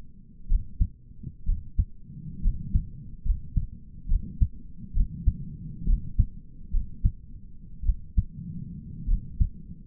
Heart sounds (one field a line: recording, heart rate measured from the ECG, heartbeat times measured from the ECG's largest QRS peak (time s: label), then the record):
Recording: heart sounds by stethoscope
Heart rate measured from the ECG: 63 bpm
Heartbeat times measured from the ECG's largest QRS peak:
0.50 s: heartbeat
1.47 s: heartbeat
2.44 s: heartbeat
3.26 s: heartbeat
4.10 s: heartbeat
4.95 s: heartbeat
5.87 s: heartbeat
6.72 s: heartbeat
7.85 s: heartbeat
9.07 s: heartbeat
From the record:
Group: healthy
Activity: rest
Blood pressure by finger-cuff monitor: 92/53 mmHg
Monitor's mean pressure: 67 mmHg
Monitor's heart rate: 65 bpm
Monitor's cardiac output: 6.8 L/min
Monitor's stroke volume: 99 mL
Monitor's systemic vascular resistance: 700 dyn s/cm5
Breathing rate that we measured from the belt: 19 breaths a minute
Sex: male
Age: 22 years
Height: 181 cm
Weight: 79 kg